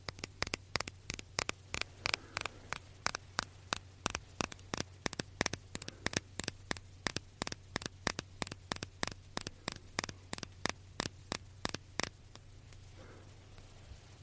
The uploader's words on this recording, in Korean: ASMR 톡톡 여러가지유리병 스포이드 소리.